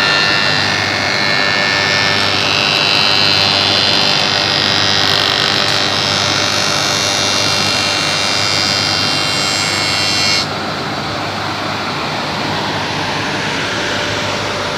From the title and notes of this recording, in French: Usinage à l'arbre - Calibrage de pièce courbe avec montage usinage Das Neves 2016.